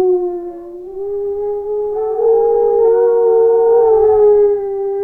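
Dog giving a sustained, wavering howl that rises slowly in the middle and eases back down, held unbroken throughout.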